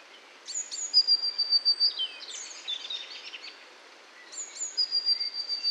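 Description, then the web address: Eurasian blue tit gives two high, sharp notes and a fast run of thin, level notes. Twittering notes fill the gap before the phrase returns near the end. Recorded at Valsolda. "valsolda. Cinciarella"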